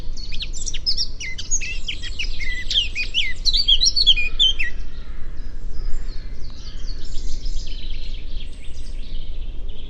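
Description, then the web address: Eurasian blackcap delivering a lively, rapid warble of sharp whistled and chattering notes for the first few seconds, then fainter twittering, with a low rumbling background. "cianscape birddata Deverinetal 2025"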